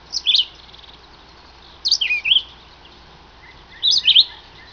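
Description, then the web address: Vireo chirping: three bursts of sharp, high chirps spaced about two seconds apart, with faint softer chirps in between. "wroblowe rodziny"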